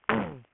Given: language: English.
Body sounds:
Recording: throat vibration sensor signal played as sound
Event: throat clearing

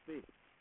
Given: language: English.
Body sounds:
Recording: throat vibration sensor signal played as sound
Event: speech

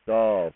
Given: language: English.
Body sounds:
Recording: throat vibration sensor signal played as sound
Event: speech

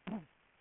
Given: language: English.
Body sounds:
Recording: throat vibration sensor signal played as sound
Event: throat clearing

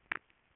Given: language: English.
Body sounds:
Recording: throat vibration sensor signal played as sound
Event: swallow

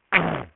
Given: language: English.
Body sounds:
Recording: throat vibration sensor signal played as sound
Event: throat clearing

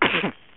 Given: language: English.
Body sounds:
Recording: throat vibration sensor signal played as sound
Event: cough

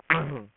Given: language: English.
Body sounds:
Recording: throat vibration sensor signal played as sound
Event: throat clearing

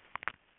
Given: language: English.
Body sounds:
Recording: throat vibration sensor signal played as sound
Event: swallow

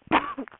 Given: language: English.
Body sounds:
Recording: throat vibration sensor signal played as sound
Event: cough

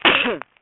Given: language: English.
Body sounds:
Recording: throat vibration sensor signal played as sound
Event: cough

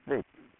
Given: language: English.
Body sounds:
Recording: throat vibration sensor signal played as sound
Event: speech

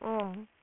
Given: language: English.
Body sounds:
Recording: throat vibration sensor signal played as sound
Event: speech

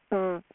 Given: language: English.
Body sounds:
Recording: throat vibration sensor signal played as sound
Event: speech

